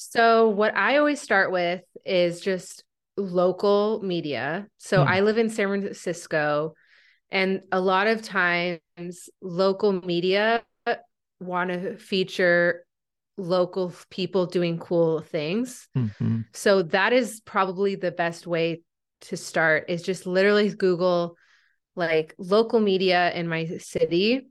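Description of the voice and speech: An adult woman who stutters speaks conversationally, with stretched sounds, a brief part-word repetition on "just" and several short silent pauses mid-phrase: stuttering with sound prolongations, consonant repetitions and brief blocks interrupting otherwise fluent speech, on a day when she is more disfluent than usual.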